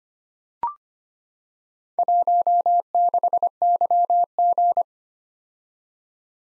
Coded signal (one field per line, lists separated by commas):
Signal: Morse code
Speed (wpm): 25 wpm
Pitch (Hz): 700 Hz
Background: none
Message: 16YG